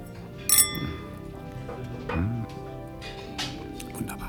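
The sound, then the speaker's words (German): Glasses clink together in a toast, a bright ringing chime near the start followed by a few fainter clinks, with soft murmuring voices and tonal hum underneath. “Zum Wohl. Zum Wohl.”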